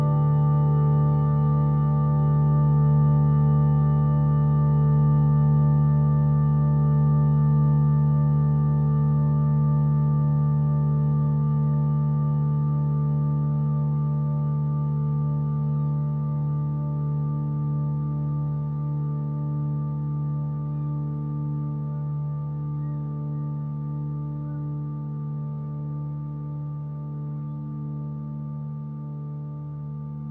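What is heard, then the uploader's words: Sustained tones and vibrations ring like a singing bowl, holding a low hum with several clear higher pitches stacked above it. The sound stays steady throughout, with a gentle wavering in the low part, and slowly fades in loudness over the thirty seconds. Chakra friendly tones and vibrations.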